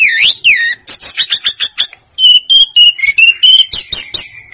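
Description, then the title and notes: Snowy-browed flycatcher song with two swooping whistles, a quick stuttering series, then a chain of level high notes repeated about four times a second. Masteran song for training songbirds; Indonesian names tledekan gunung and sikatan gunung. "Masteran Tledekan Gunung Sikatan Gunung 1. BURUNG TLEDEKAN"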